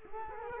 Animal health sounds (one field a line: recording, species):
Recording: mosquito wingbeat signal from an infrared sensor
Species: Culex quinquefasciatus